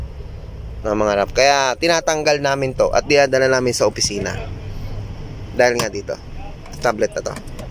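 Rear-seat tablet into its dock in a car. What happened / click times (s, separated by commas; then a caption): Handled, not yet seated: no locking click in the clip / none. A rear-seat tablet is handled near its dock in a car while someone talks over a low steady background hum. The clip ends before the tablet goes home, so nothing has seated or clicked yet.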